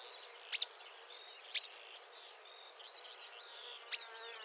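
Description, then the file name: Marsh warbler song, quiet continuous warbling chatter with three loud, piercing high notes spaced out across the passage. "suara kicauan burung marsh warbler. omkicau"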